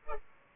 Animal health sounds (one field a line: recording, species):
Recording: mosquito wingbeat signal from an infrared sensor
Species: Culex pipiens